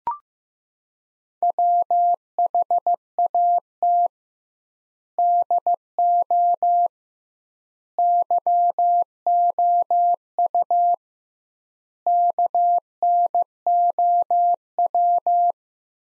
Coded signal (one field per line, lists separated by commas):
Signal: Morse code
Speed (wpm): 15 wpm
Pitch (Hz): 700 Hz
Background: none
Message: WHAT DO YOU KNOW